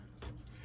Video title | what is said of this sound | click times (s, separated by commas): Costco Kohler Kitchen Faucet Install | And all you do is snaps into place. | 0.2 s